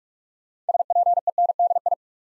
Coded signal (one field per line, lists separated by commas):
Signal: Morse code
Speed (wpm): 44 wpm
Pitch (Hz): 700 Hz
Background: none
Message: SPENDI